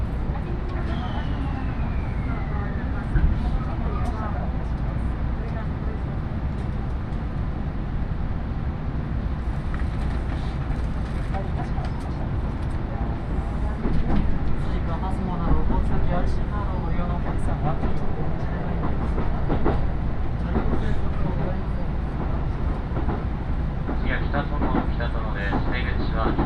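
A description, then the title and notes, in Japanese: A ride on the Iida Line train from Tatsuno toward Inashi: a steady, heavy low rumble of the carriage runs throughout with constant clatter and rattling. Voices come and go over it, and a falling whine sounds near the start. 鉄道旅 飯田線 辰野→伊那市。やってきたのは313系の2両編成。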